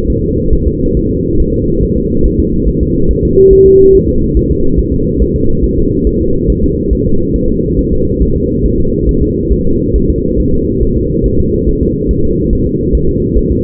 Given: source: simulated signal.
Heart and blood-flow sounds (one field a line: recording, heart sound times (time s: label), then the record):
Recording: fetal heart sounds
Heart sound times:
0.10 s: S1
0.24 s: S2
0.53 s: S1
0.67 s: S2
0.97 s: S1
1.11 s: S2
1.40 s: S1
1.54 s: S2
1.83 s: S1
1.98 s: S2
2.26 s: S1
2.40 s: S2
2.69 s: S1
2.83 s: S2
3.11 s: S1
3.25 s: S2
3.53 s: S1
3.67 s: S2
3.95 s: S1
4.09 s: S2
4.37 s: S1
4.51 s: S2
4.79 s: S1
4.94 s: S2
5.22 s: S1
5.36 s: S2
5.64 s: S1
5.79 s: S2
6.07 s: S1
6.21 s: S2
6.50 s: S1
6.64 s: S2
6.93 s: S1
7.07 s: S2
7.36 s: S1
7.50 s: S2
7.79 s: S1
7.93 s: S2
8.22 s: S1
8.36 s: S2
8.66 s: S1
8.80 s: S2
9.09 s: S1
9.23 s: S2
9.53 s: S1
9.67 s: S2
9.96 s: S1
10.10 s: S2
10.40 s: S1
10.54 s: S2
10.83 s: S1
10.97 s: S2
11.26 s: S1
11.40 s: S2
11.69 s: S1
11.83 s: S2
12.11 s: S1
12.25 s: S2
12.53 s: S1
12.67 s: S2
12.95 s: S1
13.09 s: S2
13.38 s: S1
13.52 s: S2
From the record:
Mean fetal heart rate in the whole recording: 140 bpm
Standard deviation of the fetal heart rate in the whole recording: 2 bpm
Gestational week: 34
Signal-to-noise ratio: -16.4 dB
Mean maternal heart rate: 72 bpm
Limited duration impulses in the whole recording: present